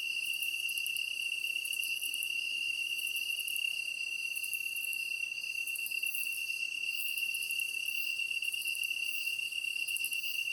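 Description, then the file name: Japanese tree cricket song: a sustained, level, ringing trill, with other insects chirping in short rhythmic groups at a higher pitch. Recorded 23 August 2010 at 21:22. "kantan-20100823-2122"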